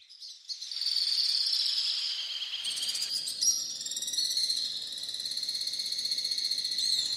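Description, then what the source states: Alpine swift calling: high, harsh, rapid trilling near one pitch, running almost without a break after the first moment, with background noise. Call described as harsh, nervous, almost electric; much better dancer than singer; dozens of pairs nest with mud nests in the entrance vault of Areni-1 cave, Armenia, near Azerbaijan.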